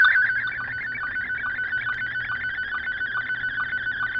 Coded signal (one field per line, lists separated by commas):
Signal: SSTV (slow-scan television)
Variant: Scottie 1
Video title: Why Do We Use Ham Radio Digital Modes?